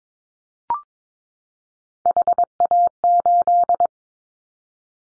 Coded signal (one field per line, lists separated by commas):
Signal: Morse code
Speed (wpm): 22 wpm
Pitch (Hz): 700 Hz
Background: none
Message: HA8